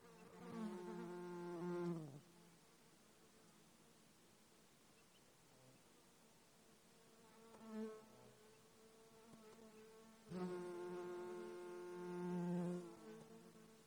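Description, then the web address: Insect buzzing in three passes: a two-second drone, a brief buzz midway, then a longer droning buzz that swells and fades, with quiet between. Buzzy insect sound recorded at Katmai, Alaska, on 14 July 2017. "alaska acoustic highlights INSECTS KATMTACT 20170714. Buzzy"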